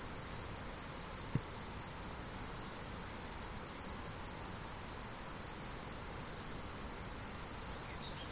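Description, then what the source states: Crickets pulse in regular high chirps against a hissing insect background, with a single sharp click early on. Crickets, recorded 17 July 2012 with an MZ-N710 recorder.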